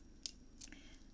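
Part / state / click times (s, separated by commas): chain clasp end into its receiving hole / seated / 0.3 s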